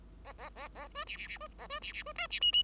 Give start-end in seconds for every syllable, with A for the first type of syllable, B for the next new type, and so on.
0.24-0.33 A, 0.38-0.49 A, 0.56-0.68 A, 0.75-0.87 A, 0.94-1.04 B, 1.07-1.17 C, 1.17-1.27 C, 1.27-1.38 C, 1.40-1.48 B, 1.58-1.67 A, 1.69-1.79 B, 1.81-1.93 C, 1.93-2.03 C, 2.06-2.13 B, 2.15-2.27 D, 2.30-2.40 C, 2.41-2.52 E, 2.52-2.63 E